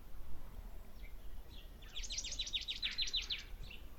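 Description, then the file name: Marsh tit calls, a rapid run of bright, sharply inflected high notes lasting over a second, with a few softer notes before and after against steady low rumble. "Poecile palustris"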